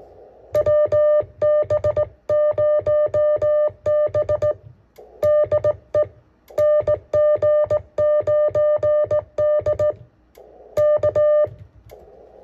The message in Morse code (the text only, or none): WB0B DE NG9D K